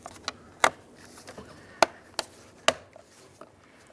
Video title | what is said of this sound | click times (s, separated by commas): How to Replace Master Window Switch 2002-06 Toyota Camry | and it should snap into place there | 0.6 s, 1.8 s, 2.7 s